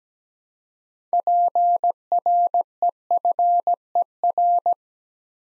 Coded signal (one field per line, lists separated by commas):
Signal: Morse code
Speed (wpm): 17 wpm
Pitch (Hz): 700 Hz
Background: none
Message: PREFER